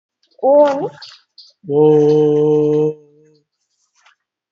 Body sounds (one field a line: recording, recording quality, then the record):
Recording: sustained vowel as in boot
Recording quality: poor, much background noise or distortion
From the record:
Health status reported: COVID-19 positive, moderate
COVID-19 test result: positive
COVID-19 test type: RT-PCR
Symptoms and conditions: diabetes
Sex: male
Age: 48 years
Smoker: yes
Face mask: not worn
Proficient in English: yes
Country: India